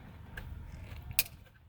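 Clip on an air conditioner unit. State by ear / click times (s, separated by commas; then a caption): seated / 1.2 s. A clip on an air conditioner unit, with its top taken off, snaps closed with a single loud, sharp click at 1.2 s. A few quieter ticks and faint handling noise come before and after it over a low background rumble. The clip is seated.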